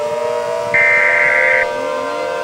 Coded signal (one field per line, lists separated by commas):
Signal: Emergency Alert System (SAME) tones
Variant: header bursts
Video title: (GOOD EAS SCENARIO) Into the Storm | An EAS Scenario | 1080p/25fps